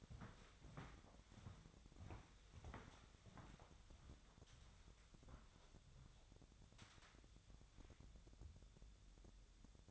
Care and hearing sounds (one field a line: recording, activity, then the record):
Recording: daily activity, microphone in the room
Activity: walk to room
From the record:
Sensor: 3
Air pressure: 999.9 hPa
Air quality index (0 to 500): 120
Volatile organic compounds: 2 ppm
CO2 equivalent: 1077 ppm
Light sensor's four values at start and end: 35/85/37/41 and 35/86/37/41